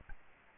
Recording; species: mosquito wingbeat signal from an infrared sensor; Aedes albopictus